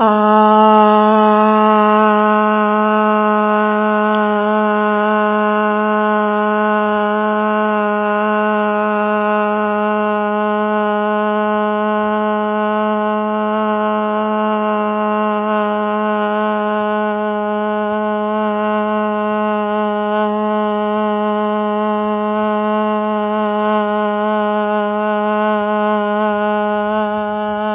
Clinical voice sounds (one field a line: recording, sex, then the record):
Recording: sustained vowel /a/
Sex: female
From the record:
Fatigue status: no fatigue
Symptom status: symptomatic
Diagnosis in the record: COVID-19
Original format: 3gp